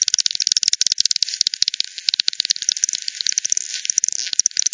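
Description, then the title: Bat calls: loud, tightly packed clicks form an irregular crackling rattle that keeps going throughout. Multiple bats at Hogsmill River, Hogsmill Lane, 7 October 2020 at 18:10; frequency-divided by ten, bandpass-filtered and resampled. "WW bat 20201007 T 18 : 10 Z-Hogsmill-Lane-Hogsmill-River-multiple-bats"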